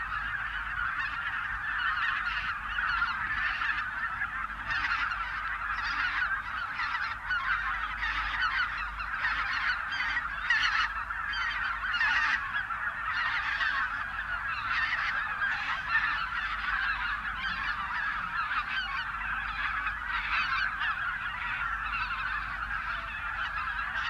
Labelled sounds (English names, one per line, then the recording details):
Greater White-fronted Goose call
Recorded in the wild
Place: Zingst, Insel Kirr, Mecklenburg-Vorpommern, DE
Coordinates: 54.421, 12.709
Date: 1978-10-17
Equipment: Nagra III BH, Sennheiser MD 21
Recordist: Schubert, Michael